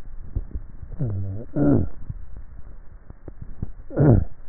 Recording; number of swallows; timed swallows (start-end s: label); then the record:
swallowing sounds by neck microphone; 2
0.26-1.06 s: swallow
2.16-2.70 s: swallow
From the record:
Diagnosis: dysphagia